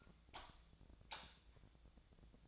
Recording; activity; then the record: daily activity, microphone in the room; light off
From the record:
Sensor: 3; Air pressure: 1000.0 hPa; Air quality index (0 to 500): 123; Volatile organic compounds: 2 ppm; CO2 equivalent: 1103 ppm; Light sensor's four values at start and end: 35/89/38/41 and 33/84/35/39